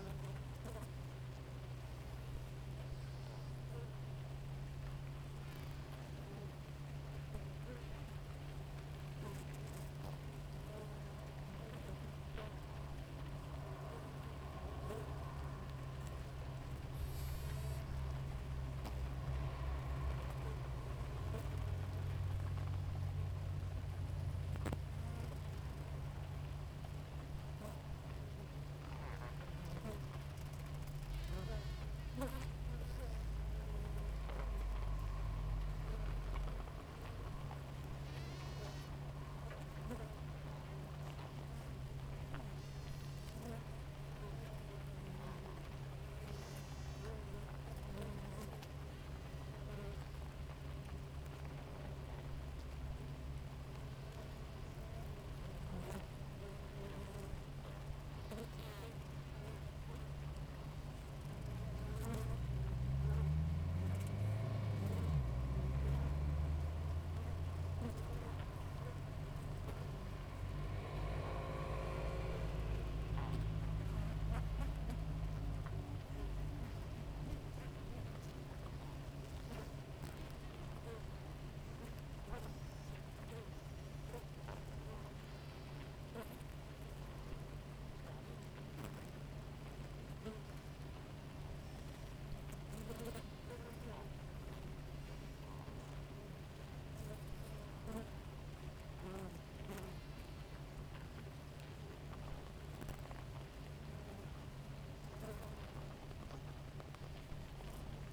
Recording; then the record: honeybee colony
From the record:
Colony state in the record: active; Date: 28 July 2017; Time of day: 5:42